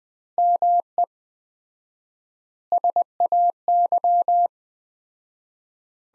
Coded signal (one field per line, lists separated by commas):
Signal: Morse code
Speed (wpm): 21 wpm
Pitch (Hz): 700 Hz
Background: none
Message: ME SAY